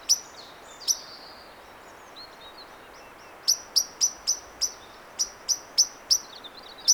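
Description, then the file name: Common blackbird giving two sharp chink notes, a pause, then a quick run of high, metallic chink calls. "Turdus merula"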